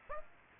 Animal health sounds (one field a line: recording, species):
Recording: mosquito wingbeat signal from an infrared sensor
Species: Aedes aegypti